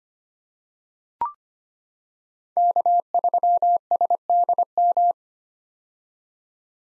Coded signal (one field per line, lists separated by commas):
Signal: Morse code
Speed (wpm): 25 wpm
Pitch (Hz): 700 Hz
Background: none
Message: K3SDM